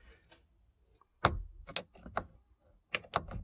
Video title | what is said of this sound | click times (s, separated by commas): 2024 Ford Maverick Flat Bottom Steering Wheel | Oh, there it popped. | 1.8 s